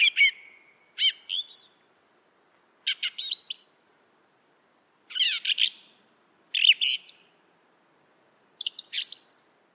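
Song thrush singing six crisp phrases of mixed whistles, clicks and chirps, separated by pauses of a second or more, with nothing else audible.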